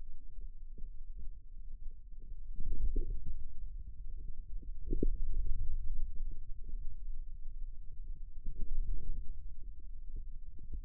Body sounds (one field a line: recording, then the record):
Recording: forearm muscle sounds (acoustic myography)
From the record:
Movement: radial deviation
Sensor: system 2, bracelet of six BSWA MPA416 microphones around the upper forearm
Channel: 5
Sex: male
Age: 22 years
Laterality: right